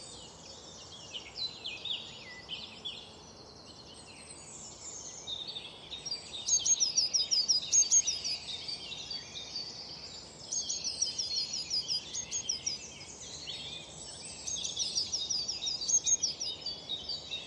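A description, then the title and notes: A dawn chorus of many overlapping birds fills the high register with dense chirps, trills and twittering throughout. Louder bursts of song rise around six to eight seconds, again near eleven, and around sixteen seconds. A soft low rumble sits underneath the whole time. Dawn Chorus at OmVed Gardens. We invited sound artists Chris Watson and Pascal Wyse to create this piece from dawn chorus in Highgate Bowl. Recorded between 4am and 7am.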